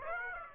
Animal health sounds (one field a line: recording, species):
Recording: mosquito wingbeat signal from an infrared sensor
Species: Aedes aegypti